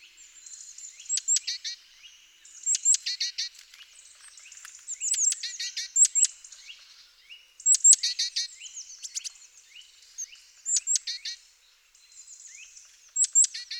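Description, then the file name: Great tit calling in several repeated bursts, each a sharp high note followed by rasping, buzzy churring notes, with softer chatter between bursts. "Parus major"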